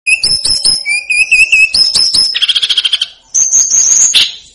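Snowy-browed flycatcher song opening with clipped high whistles and a wavering whistled note, then a fast stuttering trill and a sustained thin high whistle.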